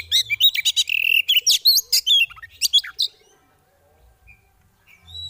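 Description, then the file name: Oriental magpie-robin pours out about three seconds of fast, buzzy chattering with high squeaks, then near silence with a low hum. Female bird; 'ngeriwik' and 'ngeplong' call styles; recording used as bird therapy audio. "Terapi Suara Burung Kacer Betina Ngeriwik Ngeplong"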